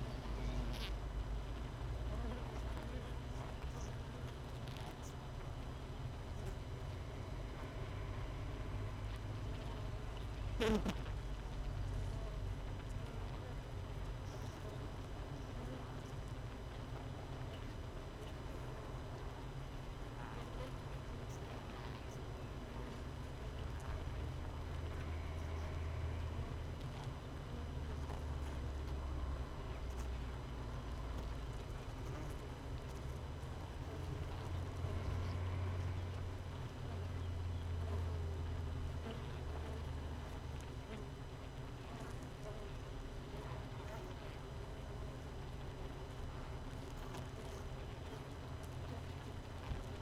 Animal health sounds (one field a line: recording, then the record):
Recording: honeybee colony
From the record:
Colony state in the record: missing queen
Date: 31 May 2018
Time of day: 6:32